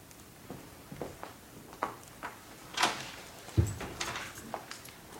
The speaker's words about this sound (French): Fermez la porte, je vous prie.